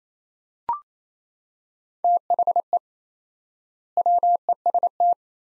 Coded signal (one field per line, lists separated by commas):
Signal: Morse code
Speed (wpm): 28 wpm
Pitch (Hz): 700 Hz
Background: none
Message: THE WEST